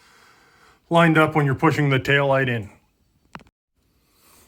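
Someone talks while the rear tail light assembly of a BMW X5 / X5M E70, taken off for a rear hatch water leak repair, is pushed into the vehicle body so a small button-like tab lines up and slides into a slot in the housing. A single sharp click at 3.4 s follows, with faint ticks after it, as the tab locks into place and the tail light housing is seated.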